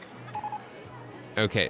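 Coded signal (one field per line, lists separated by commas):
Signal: none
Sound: game interface beeps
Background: speech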